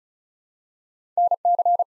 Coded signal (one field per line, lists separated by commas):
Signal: Morse code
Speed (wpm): 34 wpm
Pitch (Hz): 700 Hz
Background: none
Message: NC